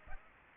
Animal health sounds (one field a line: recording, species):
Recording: mosquito wingbeat signal from an infrared sensor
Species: Aedes aegypti